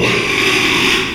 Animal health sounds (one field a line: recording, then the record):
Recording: squeal of a Yucatan mini pig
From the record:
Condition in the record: after surgery on the right vocal fold (resection and tissue-engineered implant)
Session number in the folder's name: 1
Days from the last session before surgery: 6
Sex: male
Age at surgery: 12 weeks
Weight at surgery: 13 kg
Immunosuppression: cyclosporine, prednisolone